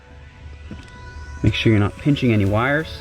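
A plastic harness connector is lined up with its mating housing in a BMW F30 during a Display Key retrofit with remote start, while someone talks over a steady background hum. The connector is being handled and has not clipped into place yet.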